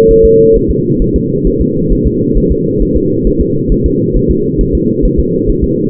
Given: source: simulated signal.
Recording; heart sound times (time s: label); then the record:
fetal heart sounds
0.11 s: S1
0.25 s: S2
0.56 s: S1
0.71 s: S2
1.02 s: S1
1.16 s: S2
1.47 s: S1
1.61 s: S2
1.93 s: S1
2.07 s: S2
2.38 s: S1
2.52 s: S2
2.82 s: S1
2.97 s: S2
3.27 s: S1
3.41 s: S2
3.72 s: S1
3.86 s: S2
4.17 s: S1
4.31 s: S2
4.61 s: S1
4.75 s: S2
5.05 s: S1
5.20 s: S2
5.50 s: S1
5.64 s: S2
From the record:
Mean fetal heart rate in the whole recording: 135 bpm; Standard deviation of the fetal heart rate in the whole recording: 3 bpm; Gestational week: 36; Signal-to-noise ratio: -11.2 dB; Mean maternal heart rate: 72 bpm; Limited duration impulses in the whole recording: present